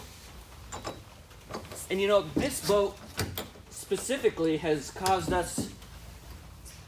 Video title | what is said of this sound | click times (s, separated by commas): How to Attach Accessories to Excel Boats - Shallow Water Adventures - Mud Buddy Motors | know just pops in right there like that and then | 3.2 s, 3.4 s